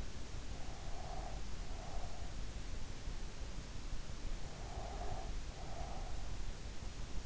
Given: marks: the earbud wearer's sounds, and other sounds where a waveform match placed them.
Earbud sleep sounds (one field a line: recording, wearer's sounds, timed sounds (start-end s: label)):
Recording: sounds in sleep by an in-ear microphone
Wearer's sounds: breath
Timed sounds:
0.78-2.36 s: breath
4.63-6.35 s: breath